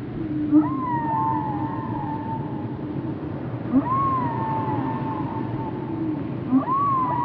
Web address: zvuci ot kitove glasove na kitove pod vodata